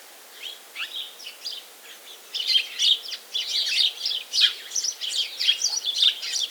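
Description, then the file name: House sparrow chirps, sparse and soft for the first two seconds, then building into a busy run of quick tweets. "Passer domesticus"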